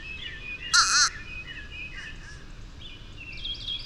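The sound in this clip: Bird producing one short, harsh double-pulsed call, followed by faint chirping from other birds.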